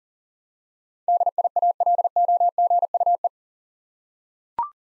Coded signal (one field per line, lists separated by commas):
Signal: Morse code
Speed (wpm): 40 wpm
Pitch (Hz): 700 Hz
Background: none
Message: DIALOGUE